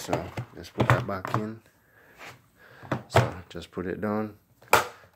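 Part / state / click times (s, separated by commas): filter assembly into top of upright vacuum / seated / 4.7 s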